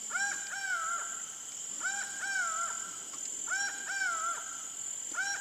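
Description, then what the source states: Laughing Falcon calls, clear two-part harmonic notes given in rhythmic pairs at a steady pace over a high insect drone. Recorded in the Pantanal.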